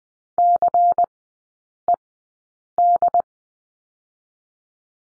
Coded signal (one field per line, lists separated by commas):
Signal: Morse code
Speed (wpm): 20 wpm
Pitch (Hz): 700 Hz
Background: none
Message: CED